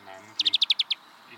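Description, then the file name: European greenfinch giving a quick, even series of seven short, bright chirps in under a second over faint low background sounds. "Chloris chloris"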